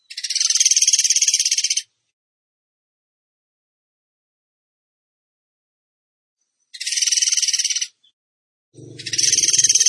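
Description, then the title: Bird producing loud rasping, rapidly pulsed bursts separated by long silences, the last burst joined by a low, rough background rumble. Training recording (masteran) for cage birds in the tembakan gacor song style. "Masteran Burung Tembakan Gacor"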